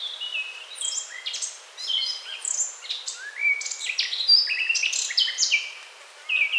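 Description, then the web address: Eurasian blackcap giving a continuous, varied warble of chirps, trills and short whistled notes, rising and falling in loudness throughout. "SETE Sylvia atricapilla"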